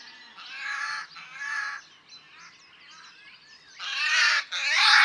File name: geai des chenes